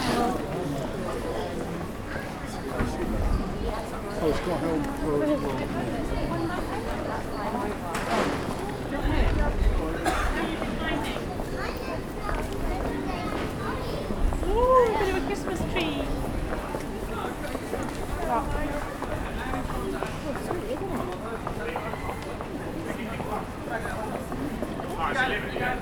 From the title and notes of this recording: Captured throughout a market in a high street. The market is packed with people. Many stalls fill the air with the smell of freshly cooked food. The street is decorated with Christmas lights.